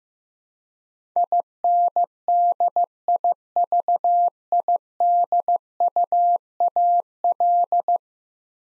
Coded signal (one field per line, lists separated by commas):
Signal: Morse code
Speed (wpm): 16 wpm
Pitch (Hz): 700 Hz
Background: none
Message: INDIVIDUAL